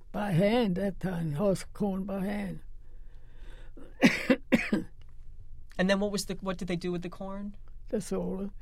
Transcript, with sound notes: By hand that time. Husk corn by hand. [Coughs]
And then what was the — what did they do with the corn?
They sold it.